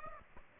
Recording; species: mosquito wingbeat signal from an infrared sensor; Aedes aegypti